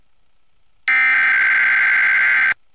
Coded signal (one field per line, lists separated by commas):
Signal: Emergency Alert System (SAME) tones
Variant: header bursts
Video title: Emergency Alert System Audio Error